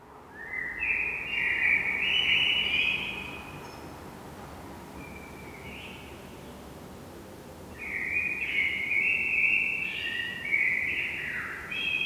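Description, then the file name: Eurasian blackbird song with a rich warbled phrase, a brief soft note, then a longer fluty phrase ending in high twittering. "Turdus merula"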